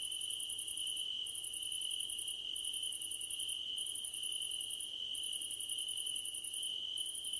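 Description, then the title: Crickets chirp continuously: a steady high drone with higher pulsed trills in long bursts separated by short gaps. Crickets at night under a starlit sky; described as a gentle hum. "Nighttime Ambience with Crickets 🌃"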